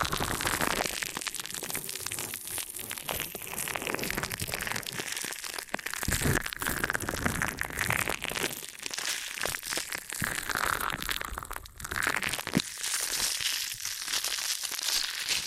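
An ear and scalp massage with cleaning: dense, continuous crinkling and crunching rubs fill the whole stretch at an even loudness. The scratchy friction stays bright and busy, with brief sharper cracks and short dips around six, nine and twelve seconds.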